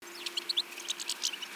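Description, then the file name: European goldfinch calling, a quick burst of bright, liquid twittering notes tumbling over one another, with a faint steady low hum underneath. "Carduelis carduelis"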